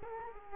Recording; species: mosquito wingbeat signal from an infrared sensor; Culex quinquefasciatus